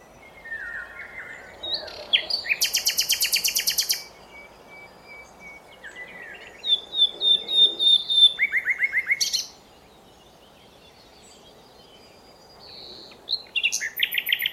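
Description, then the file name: Common nightingale song in varied phrases: fast rattled trills, a long level pure whistle, high buzzy repeated notes and pauses between bursts. "Luscinia megarhynchos"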